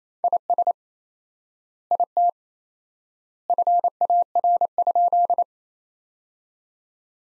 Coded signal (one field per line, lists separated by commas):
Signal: Morse code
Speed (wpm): 28 wpm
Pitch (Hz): 700 Hz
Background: none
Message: IS IT FAR?